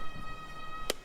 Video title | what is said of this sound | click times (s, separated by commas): Ninja 300 Motorcycle Speedometer Gauge Screen Replacement | gap long lines and you'll hear it actually snap into place when you got it so | 0.9 s